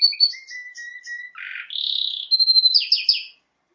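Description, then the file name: Canary song, a varied phrase of short chirps, low whistled notes, a buzzy burst, then a rattling trill before silence. "Canary Voice"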